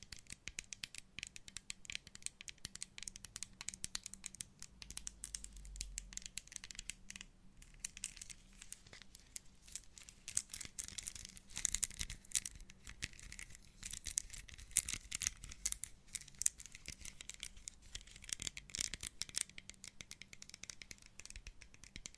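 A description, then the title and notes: Fingers tap and scratch at random objects like an old passport and a Rubik's cube, a dense, irregular run of crisp clicks, crinkles and scrapes. The texture stays busy throughout, with a low hum underneath and a soft thump around six seconds. Tapping random objects such as an old passport, a handmade calendar, Rubik's cube and a hot water bottle.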